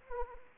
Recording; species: mosquito wingbeat signal from an infrared sensor; Anopheles arabiensis